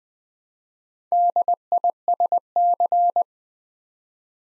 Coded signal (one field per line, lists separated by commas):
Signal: Morse code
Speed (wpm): 20 wpm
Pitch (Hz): 700 Hz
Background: none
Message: DISC